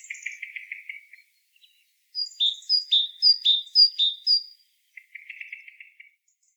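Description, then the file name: Great tit calls: a low buzzy chatter, then a run of clear high two-note phrases, followed by another short rasping churr. "Parus major"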